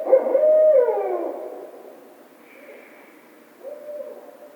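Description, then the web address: Barred owl giving a loud hoot that slurs downward at the end, a pause, then a softer second note. Recorded 16 March 2010. "Barred Owl 2010 03 16 Barred Owl"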